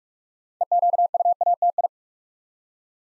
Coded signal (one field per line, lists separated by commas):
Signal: Morse code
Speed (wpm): 44 wpm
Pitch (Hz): 700 Hz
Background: none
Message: EQUATI